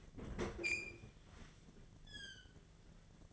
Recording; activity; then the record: daily activity, microphone in the room; open fridge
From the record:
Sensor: 4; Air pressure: 1010.6 hPa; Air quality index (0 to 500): 176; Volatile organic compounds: 5 ppm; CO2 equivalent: 1786 ppm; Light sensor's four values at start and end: 35/101/40/40 and 31/92/36/37